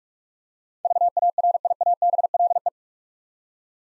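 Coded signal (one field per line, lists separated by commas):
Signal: Morse code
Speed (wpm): 44 wpm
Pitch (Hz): 700 Hz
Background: none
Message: VARIABLE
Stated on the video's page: Morse practice at 45 wpm, building 8-letter words two letters at a time for instant character recognition.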